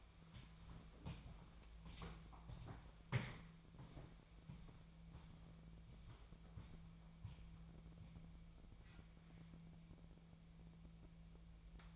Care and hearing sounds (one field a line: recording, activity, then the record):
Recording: daily activity, microphone in the room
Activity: walk to room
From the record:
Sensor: 1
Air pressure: 1000.0 hPa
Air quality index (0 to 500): 130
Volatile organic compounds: 2 ppm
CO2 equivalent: 1235 ppm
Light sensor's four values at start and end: 33/82/34/42 and 33/83/35/43